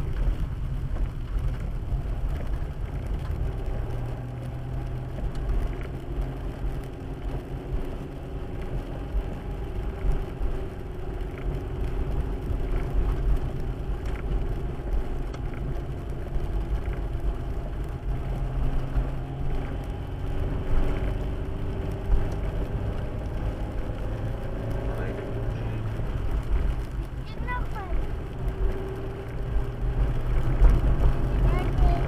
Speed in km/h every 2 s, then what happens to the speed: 30, 31, 34, 36, 37, 36, 35, 34, 34, 37, 40, 41, 45, 43, 47, 51.
0-7 speeds up to 37. 7-16 steady at about 35. 16-32 speeds up to 51.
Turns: 4-16.